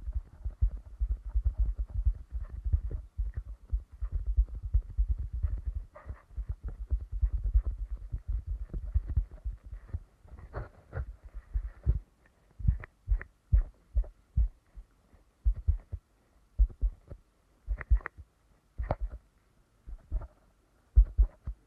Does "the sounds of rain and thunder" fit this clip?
no